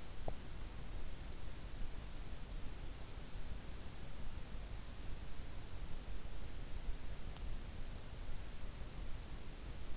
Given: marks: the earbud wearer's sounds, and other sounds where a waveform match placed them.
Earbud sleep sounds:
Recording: sounds in sleep by an in-ear microphone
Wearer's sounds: teeth grinding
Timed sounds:
0.00-0.58 s: teeth grinding

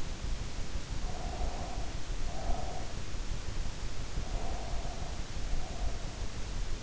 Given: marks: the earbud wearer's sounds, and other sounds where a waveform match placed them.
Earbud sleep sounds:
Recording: sounds in sleep by an in-ear microphone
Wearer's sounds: breath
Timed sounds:
1.06-3.04 s: breath
4.12-6.33 s: breath

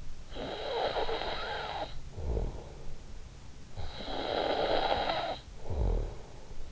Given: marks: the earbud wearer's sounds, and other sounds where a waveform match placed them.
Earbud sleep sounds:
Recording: sounds in sleep by an in-ear microphone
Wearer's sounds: snoring breath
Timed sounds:
0.00-3.17 s: snoring breath
3.43-6.51 s: snoring breath

